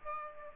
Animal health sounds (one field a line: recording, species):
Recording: mosquito wingbeat signal from an infrared sensor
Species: Aedes aegypti